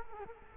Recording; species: mosquito wingbeat signal from an infrared sensor; Culex quinquefasciatus